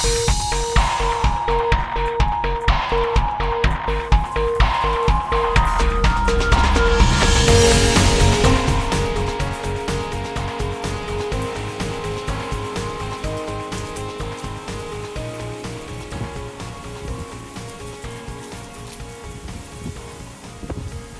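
Steady rain hisses and patters while a strong westerly (Poniente) gale gusts, swelling to a loud roaring peak early on before settling into a constant wash of wet noise.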